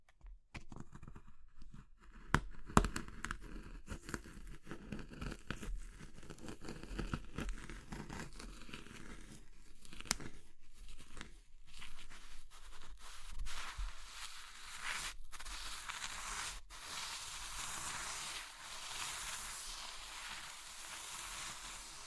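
Soft materials like soap, chalk, meringue and pastel are crushed, giving a steady run of crackling, crumbling and gritty scraping. Sharp snaps break through near 2.5, 10, 15 and 16.5 seconds, and after about 13 seconds the crumbling turns denser and hissier.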